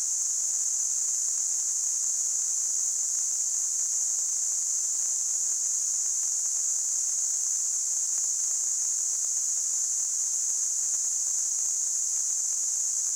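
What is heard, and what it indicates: Simulated tinnitus: a steady, high-pitched hissing tone centered around 7 kHz, constant in loudness throughout, with almost no low-frequency sound.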